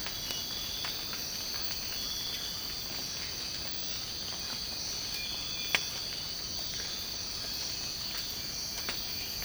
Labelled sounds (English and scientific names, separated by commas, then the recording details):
none
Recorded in secondary vegetation near Puerto Asís, Putumayo, Colombia, on 19 March 2025 at 04:30
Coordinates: 0.502, -76.326
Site G100